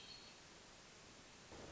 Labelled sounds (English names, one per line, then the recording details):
Hermit Thrush
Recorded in Sonoma County, California